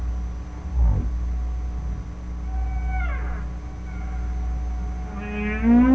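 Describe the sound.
Whale calls: a brief falling sweep, then a descending harmonic cry and a long rising whoop at the end, all over a constant deep rumble.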